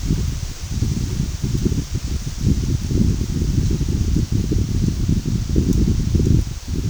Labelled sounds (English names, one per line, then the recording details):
none
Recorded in dense forest near Puerto Asís, Putumayo, Colombia, on 21 February 2024 at 12:00
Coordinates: 0.503, -76.322
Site G6418